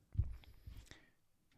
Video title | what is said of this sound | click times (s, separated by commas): How to Attach a Blade to a DeWALT TOUGHSERIES Utility Knife (Quick & Easy Beginner's Guide) | and then it will lock into place | 0.4 s, 0.9 s